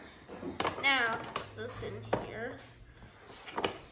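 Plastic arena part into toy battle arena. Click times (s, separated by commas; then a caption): 3.6 s. A plastic arena part is fitted into a Bakugan Armored Alliance Coliseum toy battle arena while someone talks, with sharp plastic taps near 0.6 s. A short click comes at about 3.7 s, but the part is not fully clicked in.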